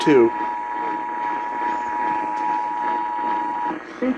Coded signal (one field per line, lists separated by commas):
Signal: Emergency Alert System (SAME) tones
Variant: 853 and 960 Hz attention tone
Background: speech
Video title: Birthday Tests | EAS Tests From 12/7/2021 (EAS #1,120-1,127)